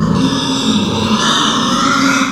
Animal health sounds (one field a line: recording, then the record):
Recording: squeal of a Yucatan mini pig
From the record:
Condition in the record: after surgery on the right vocal fold (resection and tissue-engineered implant)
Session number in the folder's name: 14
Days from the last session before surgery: 133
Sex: female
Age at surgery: 19 weeks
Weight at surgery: 25 kg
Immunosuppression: prednisolone